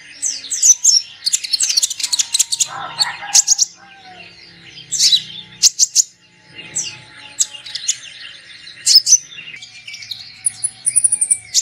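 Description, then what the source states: Sunbird chirping in quick bursts of very high, sharp notes and fast rattling trills, with short pauses and a few lower whistled notes between. Lure sound for attracting birds.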